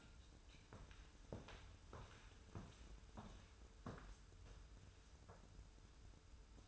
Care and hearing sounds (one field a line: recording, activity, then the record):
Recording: daily activity, microphone in the room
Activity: walk to room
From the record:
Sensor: 2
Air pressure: 994.3 hPa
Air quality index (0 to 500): 207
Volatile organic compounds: 1000 ppm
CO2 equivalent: 6816 ppm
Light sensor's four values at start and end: 68/157/66/65 and 68/155/65/64